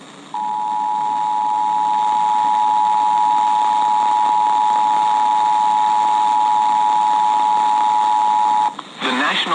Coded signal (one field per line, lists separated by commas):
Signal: Emergency Alert System (SAME) tones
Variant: 853 and 960 Hz attention tone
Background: speech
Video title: Dam Break FFW Jumpscare | EAS #434-444 (Severe Weather Alerts from 5/6/2024)